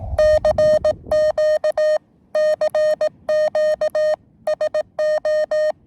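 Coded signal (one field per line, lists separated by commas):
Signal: Morse code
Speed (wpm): 18 wpm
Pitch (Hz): 610 Hz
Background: none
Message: CQ CQ SO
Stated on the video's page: QRP CW from a combined Summits On The Air and Parks On The Air activation, including a summit-to-summit contact.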